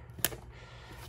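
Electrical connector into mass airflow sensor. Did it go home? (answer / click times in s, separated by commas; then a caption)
yes / 0.2 s. A plastic electrical connector is pushed onto the mass airflow sensor of a Land Rover engine, which must be connected to avoid engine codes and warning lights. A single sharp, bright click sounds at 0.3 s over a low, steady background hum. The connector clicks in and is seated and locked.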